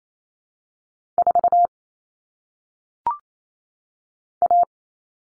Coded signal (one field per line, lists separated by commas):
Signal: Morse code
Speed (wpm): 28 wpm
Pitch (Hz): 700 Hz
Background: none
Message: 4 A